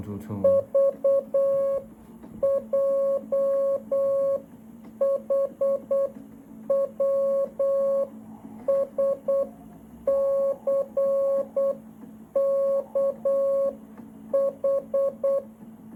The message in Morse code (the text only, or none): VJHWSCKH